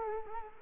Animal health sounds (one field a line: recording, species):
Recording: mosquito wingbeat signal from an infrared sensor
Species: Culex quinquefasciatus